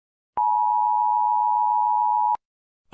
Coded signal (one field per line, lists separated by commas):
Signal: Emergency Alert System (SAME) tones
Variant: 853 and 960 Hz attention tone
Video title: The Big Attack Full EAS Scenario The Asteroid Of 2032 (EAS Scenario) (LONGEST VIDEO)